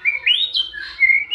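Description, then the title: Oriental magpie-robin song: smooth whistled notes rising and falling in gentle slurs, one long steady whistle near the end. "kacer"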